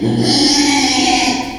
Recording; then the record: squeal of a Yucatan mini pig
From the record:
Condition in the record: after surgery on the right vocal fold (resection and tissue-engineered implant); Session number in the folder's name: 2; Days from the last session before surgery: 13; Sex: male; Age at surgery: 12 weeks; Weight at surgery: 13 kg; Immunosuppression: cyclosporine, prednisolone